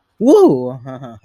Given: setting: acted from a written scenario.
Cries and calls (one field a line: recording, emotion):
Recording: vocal sound without words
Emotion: positive surprise